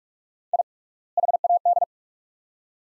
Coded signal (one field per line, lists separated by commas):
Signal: Morse code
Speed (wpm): 43 wpm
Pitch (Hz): 700 Hz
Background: none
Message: I HAD